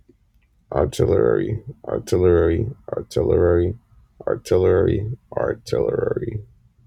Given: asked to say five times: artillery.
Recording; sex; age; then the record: repeated word; male; 20 to 29 years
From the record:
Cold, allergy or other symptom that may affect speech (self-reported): no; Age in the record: 21 years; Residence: Massachusetts, United States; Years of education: 16